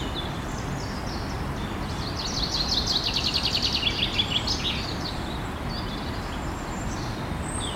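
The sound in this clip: Common chaffinch singing a rapid, even series of high notes against steady low-pitched background noise.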